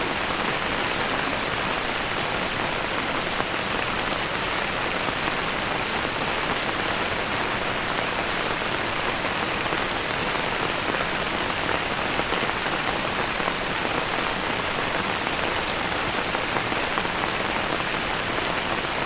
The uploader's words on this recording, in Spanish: Esta grabación binaural te transporta a un refugio empapado en lluvia. Sonidos de Lluvia Relajante Bajo el Paraguas.